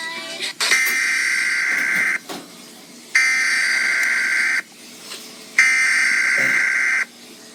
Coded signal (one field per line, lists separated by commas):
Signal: Emergency Alert System (SAME) tones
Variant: header bursts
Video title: Liv And Maddie- Emergency Alert System- December 13th 2018